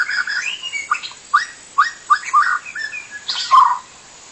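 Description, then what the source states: White-rumped shama song: rich whistled phrases in quick, varied bursts over about four seconds. Wild bird in forest.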